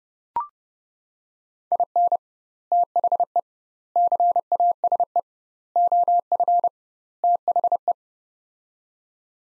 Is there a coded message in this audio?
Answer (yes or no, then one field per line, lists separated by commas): yes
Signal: Morse code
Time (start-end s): 1.7-7.9 s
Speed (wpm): 30 wpm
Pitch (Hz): 700 Hz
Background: none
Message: IN THE CASE OF THE